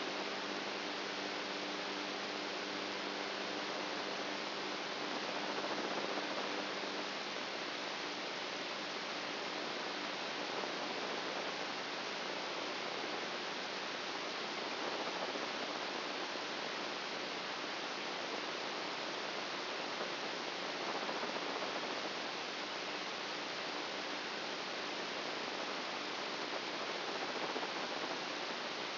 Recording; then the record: brain microelectrode recording played as sound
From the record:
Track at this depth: outside the subthalamic nucleus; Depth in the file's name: 15 mm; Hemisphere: right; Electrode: 2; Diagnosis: Parkinson's disease